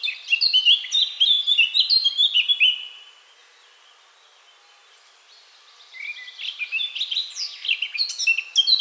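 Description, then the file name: Eurasian blackcap sings a rapid, rich warble for almost three seconds, falls silent, then resumes more quietly with scratchy notes. "Sylvia atricapilla"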